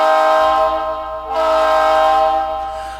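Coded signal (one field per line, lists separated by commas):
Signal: train horn signal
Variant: diesel air horn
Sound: a chord-like air horn sounding steadily, with a slight break midway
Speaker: one of the more common ones is that we're about to move in the forward Direction which is two blasts of the air horn so we're going to go ahead and do that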